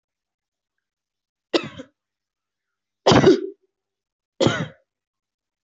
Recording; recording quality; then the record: heavy voluntary cough; excellent, no background noise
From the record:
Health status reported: healthy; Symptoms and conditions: none ticked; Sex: female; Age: 33 years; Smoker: not ticked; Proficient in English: yes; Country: India